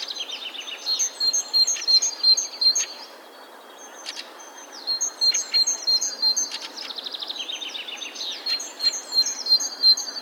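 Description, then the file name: Great tit song: quick strings of paired whistled notes in two bouts, mixed with descending chirps and sharp clicks. "Parus major"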